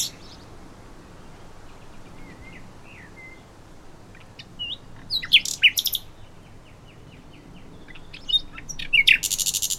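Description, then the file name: Common nightingale song: faint, sparse slurred whistles at first, then sudden loud clicks and short chattering bursts, with a sharp rattling phrase at the end. "Luscinia megarhynchos"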